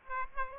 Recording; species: mosquito wingbeat signal from an infrared sensor; Aedes aegypti